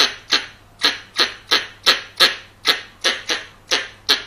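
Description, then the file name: Squirrel barks: raspy, explosive chips about three per second, slightly uneven in spacing, over a quiet background. Young male squirrel. "กระรอกหนุ่ม"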